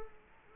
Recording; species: mosquito wingbeat signal from an infrared sensor; Culex quinquefasciatus